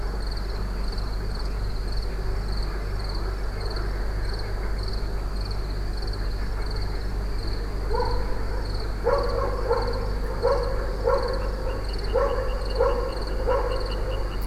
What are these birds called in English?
none